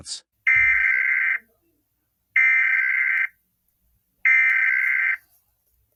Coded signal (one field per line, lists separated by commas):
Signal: Emergency Alert System (SAME) tones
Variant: header bursts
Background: speech